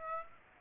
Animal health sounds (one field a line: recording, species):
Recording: mosquito wingbeat signal from an infrared sensor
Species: Aedes aegypti